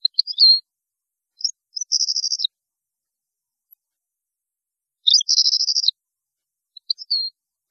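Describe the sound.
European goldfinch song in short bursts: a few quick chirps, then a buzzy rattling trill, with a second buzzy trill several seconds later and scattered twitters.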